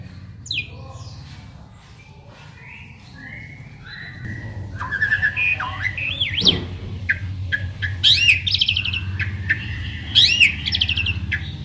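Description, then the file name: Asian pied starling song: clear whistled notes, then rising and falling slurred whistles with sharp harsh accents, over a steady low hum. Jalak suren described as a champion bird. "suara burung jalak suren juara"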